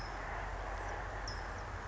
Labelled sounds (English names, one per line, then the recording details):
California Towhee
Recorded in Sonoma County, California